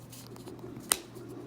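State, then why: Seated. A plastic ink reservoir is pushed back into the body of a refillable whiteboard marker after refilling. A few faint ticks come first, then one loud, sharp snap at 0.9 s as the reservoir seats back in.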